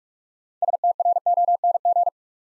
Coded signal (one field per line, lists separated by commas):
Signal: Morse code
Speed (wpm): 44 wpm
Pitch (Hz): 700 Hz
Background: none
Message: STRONG